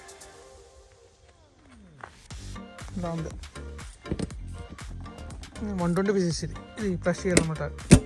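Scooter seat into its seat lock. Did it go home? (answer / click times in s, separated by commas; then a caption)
no / none. A Honda Dio Smart scooter's seat is being handled over its under-seat storage, heading toward its seat lock, while someone talks over music. Short thumps and taps are heard, but the clip ends before the latch clicks shut, so nothing has seated or clicked yet.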